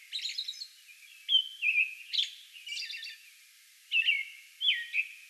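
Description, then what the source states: American robin giving a short run of liquid, caroling phrases, some drawn-out whistles, alongside high twittering notes. Song bout recorded on May 11.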